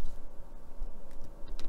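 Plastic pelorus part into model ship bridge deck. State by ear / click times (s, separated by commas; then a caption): not seated / none. The second of two small plastic pelorus (bridge compass stand) parts from issue 42 is handled over its mounting on the Titanic model's bridge deck, with low handling rustle and faint sharp taps near 1.6 s and 1.7 s. Nothing has seated or clicked into place yet.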